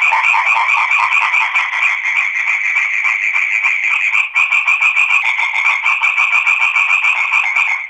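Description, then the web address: Frog croaking continuously in many rapid, rasping pulses with a steady buzzy texture. Recorded on Crete, 2011–2012. "crete 2011-2012 audio sammakko"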